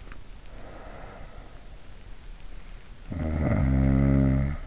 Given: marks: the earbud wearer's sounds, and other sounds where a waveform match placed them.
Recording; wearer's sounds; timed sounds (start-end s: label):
sounds in sleep by an in-ear microphone; breath, snoring breath
0.37-2.04 s: breath
2.91-4.60 s: snoring breath